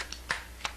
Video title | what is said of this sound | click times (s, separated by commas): Tom Kaye AGD 68 Automag Tech Video New VHS Rip | with a quarter twist and locks in place. | 0.3 s